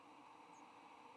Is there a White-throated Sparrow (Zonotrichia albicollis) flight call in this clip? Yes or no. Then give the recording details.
no. Another species' flight call is heard. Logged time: 08:55 on 15 November 2014